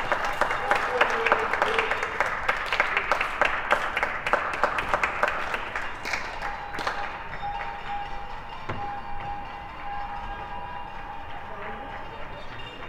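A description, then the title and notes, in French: Applause and protest noise rise from balconies and windows along a city street. For the first seven seconds the clapping is dense and lively with rapid sharp claps, then it thins to scattered claps over a steady tone and voices. Applaudissements et protestations aux balcons et fenêtresRue Roger Salengro, quartier de Vaise - Lyon. Contributeur : Gilles Malatray - "Des sons à ta fenêtre - Sounds at your window ".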